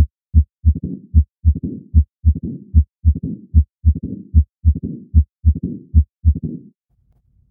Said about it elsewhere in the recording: Mitral stenosis is a diastolic murmur. And you can notice here at the beginning part of diastole, you see this opening snap in this region. And the gap between S2 and that opening snap is pretty important. This is where the left atrium is trying to press against the stenotic valve. And then finally, when there's enough pressure in the left atrium, it can snap open.